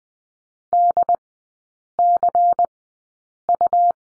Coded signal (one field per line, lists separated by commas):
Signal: Morse code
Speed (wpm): 20 wpm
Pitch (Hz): 700 Hz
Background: none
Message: DCU